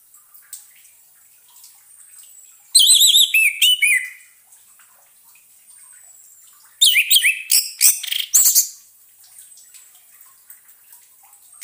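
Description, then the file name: Orange-headed thrush song in two bursts of fast, rich whistled phrases and chatter, separated by about three seconds of near silence. Song therapy for an orange-headed thrush that has stopped singing. "terapi suara anis merah macet bunyi"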